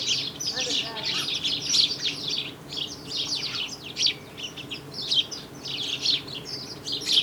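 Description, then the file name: House sparrow chirping calls, a dense overlapping chorus of short harsh chirps from many birds, with a low steady hum underneath. "Passer domesticus"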